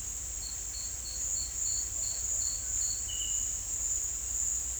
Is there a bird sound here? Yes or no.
no